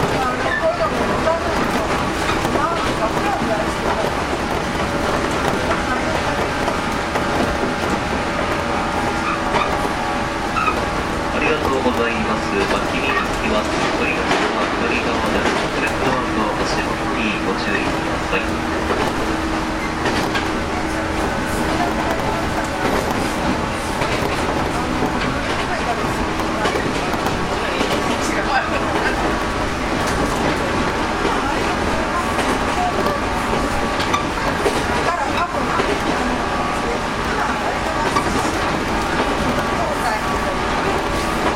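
A 415 series electric train runs steadily on the Nippō Line, its dense rumble and whine constant throughout, with voices murmuring underneath.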